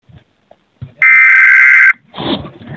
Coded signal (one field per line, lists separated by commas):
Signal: Emergency Alert System (SAME) tones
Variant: header bursts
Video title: EAS Scenario: The Lurker Part 6 (FINALE)